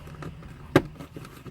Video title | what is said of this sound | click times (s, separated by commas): Short Shifter for Porsche 718, 981, 991 Install Video | down this side goes in first snaps | 0.8 s